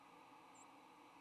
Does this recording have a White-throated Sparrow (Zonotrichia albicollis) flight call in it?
no